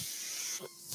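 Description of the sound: Steady high-pitched airy hiss that dips partway through, the airflow noise of a home mechanical ventilator heard in the background.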